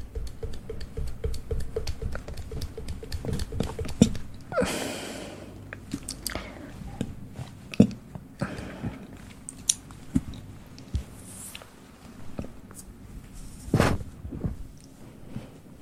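ASMR mouth sounds and mic handling: a dense run of small clicks, taps and wet smacks with a low rumbling thump underneath. Brief airy swishes rise around four to five seconds and again near eight and eleven, and a sharp tap stands out near fourteen seconds.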